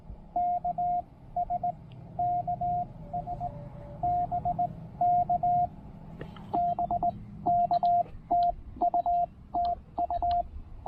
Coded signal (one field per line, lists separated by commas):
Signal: Morse code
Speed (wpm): 19 wpm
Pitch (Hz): 690 Hz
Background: radio noise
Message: K S KS BK BK TU TU